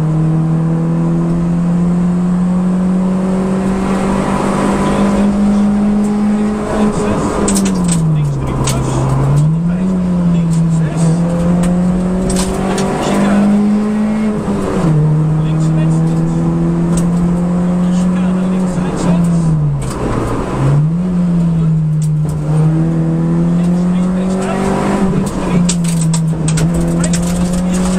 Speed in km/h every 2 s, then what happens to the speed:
108, 119, 128, 117, 83, 76, 88, 98, 110, 104, 66, 70, 74, 77.
0-5 speeds up to 128. 5-9 brakes to 76. 9-16 speeds up to 110. 16-20 brakes to 66. 20-28 speeds up to 77.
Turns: none.